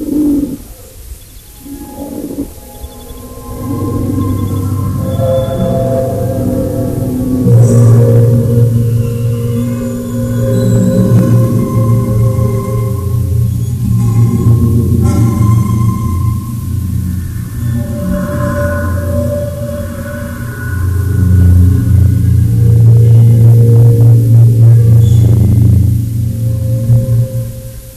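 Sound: lion roaring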